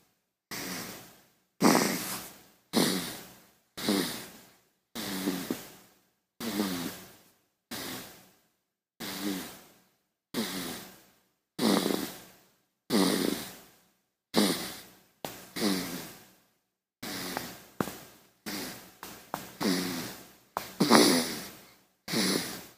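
A baby snores with short, soft, low-pitched rattling breaths, each fading away, about 47 a minute in an uneven rhythm. These are quick, noisy breathing sounds of a small child asleep, with no other background sound.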